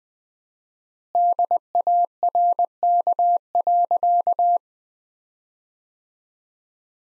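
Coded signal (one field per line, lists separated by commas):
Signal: Morse code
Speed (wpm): 21 wpm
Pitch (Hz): 700 Hz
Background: none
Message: DARK.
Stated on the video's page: Morse practice at 20 wpm: sentences from the top 500 words with 4x standard word spacing, a word-level analogue of Farnsworth spacing.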